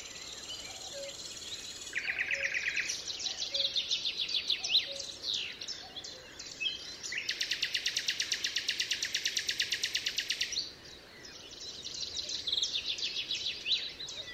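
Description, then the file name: Common nightingale song with harsh, rapidly pulsed phrases and a long grating rattle in the middle. Recorded 27 April 2014 at Altmühlsee. "Nachtigall. Altmuehlsee. Susanne Rieck"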